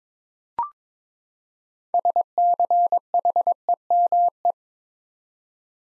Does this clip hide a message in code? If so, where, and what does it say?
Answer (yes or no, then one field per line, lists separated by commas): yes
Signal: Morse code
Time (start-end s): 1.9-4.5 s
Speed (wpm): 22 wpm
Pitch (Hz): 700 Hz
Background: none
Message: SCHEME